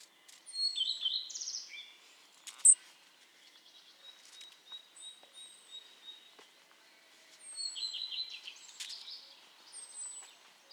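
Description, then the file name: European robin song in short bursts: high sliding whistles and warbled notes with pauses between phrases, and one sharp click. "Erithacus rubecula"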